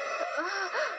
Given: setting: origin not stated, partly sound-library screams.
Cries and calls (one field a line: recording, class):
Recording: one-second piece from a danger detection set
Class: woman in danger